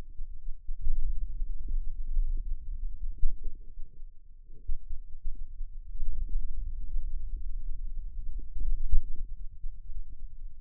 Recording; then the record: forearm muscle sounds (acoustic myography)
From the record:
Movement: hand opening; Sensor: system 2, bracelet of six BSWA MPA416 microphones around the upper forearm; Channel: 6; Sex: male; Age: 22 years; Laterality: right